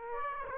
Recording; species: mosquito wingbeat signal from an infrared sensor; Aedes aegypti